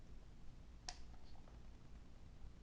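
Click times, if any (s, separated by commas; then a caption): 0.9 s. A battery is pushed into the battery compartment of a Sony ZV-1 compact digital camera, with its arrow lined up toward the small latch. A single short, sharp click sounds at 0.9 s as the latch catches over a low background hum, and the battery is seated in place.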